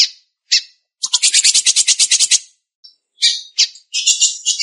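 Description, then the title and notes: Belgian canary singing: brief high notes, then a long rapid trill of regular pulses, a pause, and further loud chirps and buzzy phrases. "Canario Belga, nyonyastudio"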